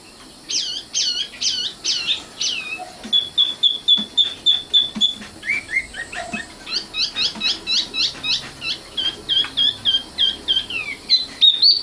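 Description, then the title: Oriental magpie-robin song: several loud down-slurred notes, a steady whistled trill, then long rhythmic runs of rapid repeated chirps. Kacer song. "Kicau Kacer"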